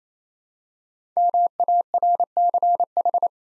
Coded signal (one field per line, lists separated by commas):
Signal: Morse code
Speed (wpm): 27 wpm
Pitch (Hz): 700 Hz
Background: none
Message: MARCH